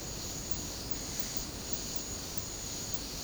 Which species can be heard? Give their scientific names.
none